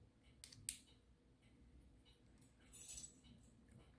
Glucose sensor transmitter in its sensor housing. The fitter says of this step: get in between those tabs, and you'll kind of hear it click.